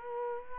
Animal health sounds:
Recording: mosquito wingbeat signal from an infrared sensor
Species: Culex quinquefasciatus

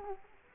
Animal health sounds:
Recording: mosquito wingbeat signal from an infrared sensor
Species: Culex quinquefasciatus

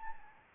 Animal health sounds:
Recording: mosquito wingbeat signal from an infrared sensor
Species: Anopheles arabiensis

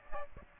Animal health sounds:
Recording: mosquito wingbeat signal from an infrared sensor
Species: Aedes aegypti

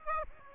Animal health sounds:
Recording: mosquito wingbeat signal from an infrared sensor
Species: Aedes aegypti

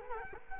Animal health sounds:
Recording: mosquito wingbeat signal from an infrared sensor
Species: Culex quinquefasciatus

